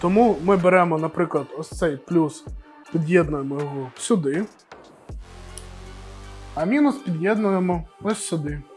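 A negative power cable plug is being pushed toward the terminal socket of a battery module while someone talks over background music. Two short knocks of handling are heard near 5.1 s and 5.6 s, but nothing has seated or clicked yet.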